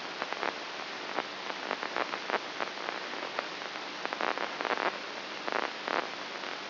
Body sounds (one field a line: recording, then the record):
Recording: brain microelectrode recording played as sound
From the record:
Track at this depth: inside the subthalamic nucleus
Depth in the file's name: 2.04 mm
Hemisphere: right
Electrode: 2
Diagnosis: Parkinson's disease